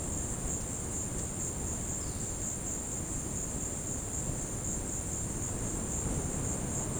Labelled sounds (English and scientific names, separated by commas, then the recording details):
none
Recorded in dense forest near Puerto Asís, Putumayo, Colombia, on 19 February 2024 at 15:30
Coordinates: 0.486, -76.316
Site G6437